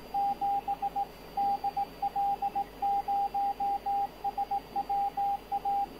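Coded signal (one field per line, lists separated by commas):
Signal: Morse code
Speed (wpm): 17 wpm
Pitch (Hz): 800 Hz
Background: radio noise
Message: 7 DL0SWA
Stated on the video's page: Special Morse broadcast by German maritime weather station on longwave 147.3 kHz, 20 kW transmitter, Titanic memorial, normally RTTY weather teletype.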